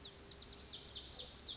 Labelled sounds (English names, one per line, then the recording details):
Lazuli Bunting
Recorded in Sonoma County, California